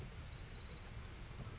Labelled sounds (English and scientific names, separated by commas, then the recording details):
Orange-crowned Warbler (Leiothlypis celata)
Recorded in Sonoma County, California